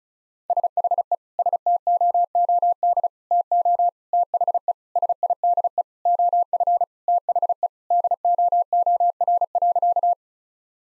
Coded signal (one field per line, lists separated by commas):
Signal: Morse code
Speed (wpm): 36 wpm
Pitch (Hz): 700 Hz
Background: none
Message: SHE STOOD TO THE SIDE OF THE DOOR.